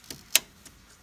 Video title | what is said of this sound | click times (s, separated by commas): How To Install Memory RAM on your Desktop Computer (DIY build your computer Part 4) | you're close and you hear click beside | 0.4 s